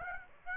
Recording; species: mosquito wingbeat signal from an infrared sensor; Aedes aegypti